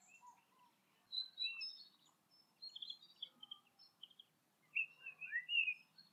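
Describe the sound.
Birds twittering with scattered high chirps and short whistled notes, quiet stretches between bursts, faint background hum beneath.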